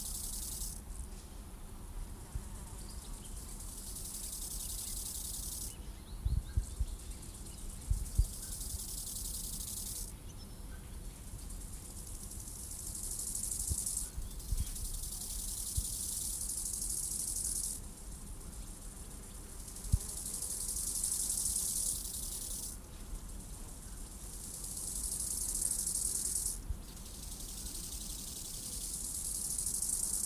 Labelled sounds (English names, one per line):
Bow-winged Grasshopper stridulation